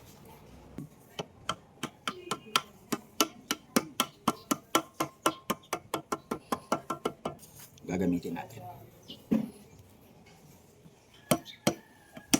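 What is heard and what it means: A component is being fitted into the rack and pinion steering assembly of a Suzuki Alto with a noisy underchassis. After someone talks briefly, a steady run of sharp, regular hits follows, along with a short burst of talk in the middle. Nothing has seated or locked into place yet.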